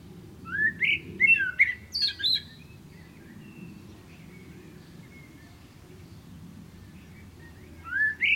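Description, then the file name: Common blackbird phrase of rising fluted whistles and high squeaky twitters, a long pause, then the start of another phrase. "Turdus merula"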